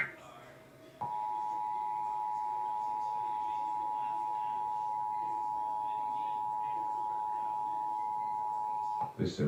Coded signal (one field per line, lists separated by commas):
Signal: Emergency Alert System (SAME) tones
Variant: 853 and 960 Hz attention tone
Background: speech